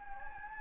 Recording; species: mosquito wingbeat signal from an infrared sensor; Anopheles gambiae